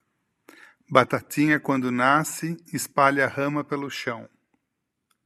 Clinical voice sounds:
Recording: short text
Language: Brazilian Portuguese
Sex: male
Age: 60 to 69 years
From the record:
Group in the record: control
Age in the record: 62 years

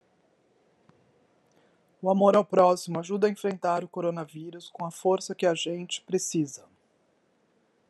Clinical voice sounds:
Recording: spoken sentence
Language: Brazilian Portuguese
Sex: female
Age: 40 to 49 years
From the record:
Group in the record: control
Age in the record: 46 years

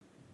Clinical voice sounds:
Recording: spoken sentence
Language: Brazilian Portuguese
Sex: female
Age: 60 to 69 years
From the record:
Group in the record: control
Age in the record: 63 years

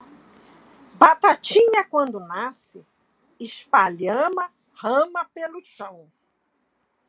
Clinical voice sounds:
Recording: short text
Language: Brazilian Portuguese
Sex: female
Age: 60 to 69 years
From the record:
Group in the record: control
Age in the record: 66 years

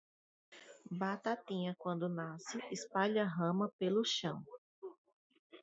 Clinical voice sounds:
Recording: short text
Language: Brazilian Portuguese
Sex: female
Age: 30 to 39 years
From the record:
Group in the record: control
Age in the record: 38 years

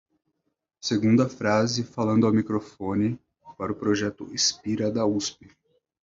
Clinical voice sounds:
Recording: short text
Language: Brazilian Portuguese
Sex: male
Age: 30 to 39 years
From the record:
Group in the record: control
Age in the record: 33 years

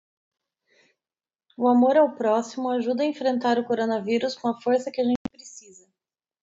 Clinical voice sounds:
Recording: spoken sentence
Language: Brazilian Portuguese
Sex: female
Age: 30 to 39 years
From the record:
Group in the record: control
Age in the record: 34 years

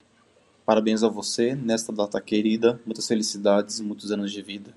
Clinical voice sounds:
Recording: short text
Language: Brazilian Portuguese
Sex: male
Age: 40 to 49 years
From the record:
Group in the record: control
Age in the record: 40 years

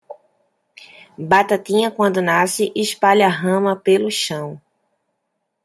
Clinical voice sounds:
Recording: short text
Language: Brazilian Portuguese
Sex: female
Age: 30 to 39 years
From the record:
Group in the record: control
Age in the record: 37 years

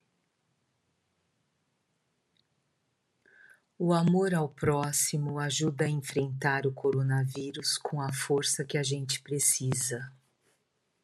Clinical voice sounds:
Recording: spoken sentence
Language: Brazilian Portuguese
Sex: female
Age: 50 to 59 years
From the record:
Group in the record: control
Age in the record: 58 years

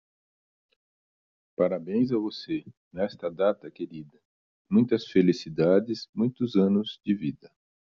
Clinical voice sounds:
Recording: short text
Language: Brazilian Portuguese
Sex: male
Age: 60 to 69 years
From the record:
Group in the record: control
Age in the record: 61 years

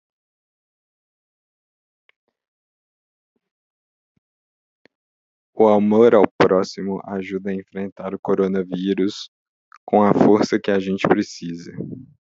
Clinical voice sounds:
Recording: spoken sentence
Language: Brazilian Portuguese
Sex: male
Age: 30 to 39 years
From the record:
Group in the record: control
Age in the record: 32 years

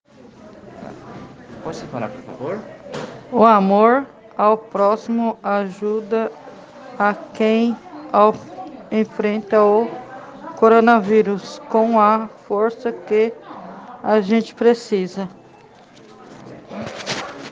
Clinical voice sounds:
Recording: spoken sentence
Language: Brazilian Portuguese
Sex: female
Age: 40 to 49 years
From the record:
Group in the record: respiratory insufficiency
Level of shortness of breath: 5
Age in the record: 46 years

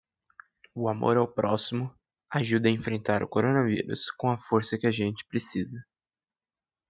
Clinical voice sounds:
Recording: spoken sentence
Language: Brazilian Portuguese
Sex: male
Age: 20 to 29 years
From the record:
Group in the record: control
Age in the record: 21 years

